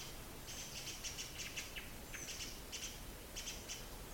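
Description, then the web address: Great spotted woodpecker alarm notes: short, sharp, high clicks in small clusters with gaps between, over a steady hiss of background noise. Cries of a disturbed bird. "cries of a disturbed great spotted woodpecker dendrocopos major"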